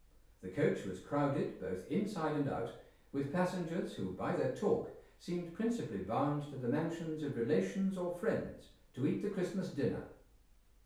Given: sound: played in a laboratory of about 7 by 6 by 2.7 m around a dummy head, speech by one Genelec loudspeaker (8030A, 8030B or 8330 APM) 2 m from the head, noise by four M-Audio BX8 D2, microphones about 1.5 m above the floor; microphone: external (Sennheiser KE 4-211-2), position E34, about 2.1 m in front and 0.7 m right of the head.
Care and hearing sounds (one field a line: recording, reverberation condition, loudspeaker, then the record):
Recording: male speech in English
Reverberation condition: medium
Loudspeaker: 60 degrees to the left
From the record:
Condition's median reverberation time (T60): about 510 ms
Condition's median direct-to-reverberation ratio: about -0.5 dB